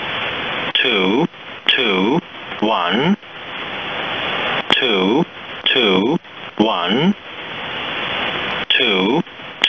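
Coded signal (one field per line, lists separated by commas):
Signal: numbers station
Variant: E07, English male voice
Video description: 3-digit ID/Group count: (0:10)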